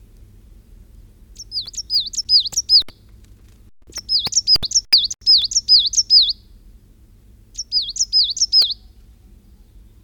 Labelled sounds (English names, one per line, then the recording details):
Coal Tit song
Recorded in the wild
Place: Schaabe, Insel Rügen, Mecklenburg-Vorpommern, DE
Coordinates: 54.57, 13.45
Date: 1969-04-29
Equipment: NAGRA III BH, Sennheiser MD421, Alu-Reflektor
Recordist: Schubert, Michael